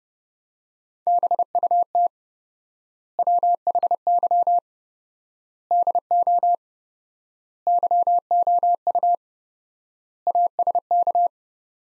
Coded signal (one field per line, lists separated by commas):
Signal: Morse code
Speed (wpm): 30 wpm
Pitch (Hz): 700 Hz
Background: none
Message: BUT WHY DO YOU ASK